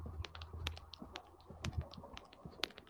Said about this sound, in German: ich höre Schreibmaschinengetippe.